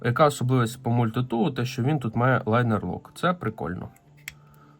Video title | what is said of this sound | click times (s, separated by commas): Мультитул для рятувальників і виживання – Nextorch Pioneer MT20 | Він зафіксувався. | 4.3 s